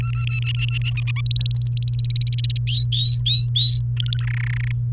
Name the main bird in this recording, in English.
Domestic Canary